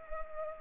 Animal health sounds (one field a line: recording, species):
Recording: mosquito wingbeat signal from an infrared sensor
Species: Culex pipiens